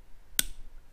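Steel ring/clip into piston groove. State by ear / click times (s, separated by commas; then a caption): seated / 0.4 s. A steel ring or retaining clip is worked into a piston groove with a screwdriver during a 440 Source 543-inch stroker engine build. A sharp, loud snap rings out at 0.4 s as it seats in the groove, followed by quiet.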